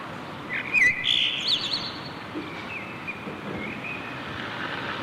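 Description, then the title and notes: Common blackbird song: a low fluty warbled phrase sliding into a thin high twitter, then quieter faint notes over steady background hiss. Berlin, Germany; backyard; June 2003. "Amsel im Hinterhof, Berlin, Juni 2003. sent by maik johannsen"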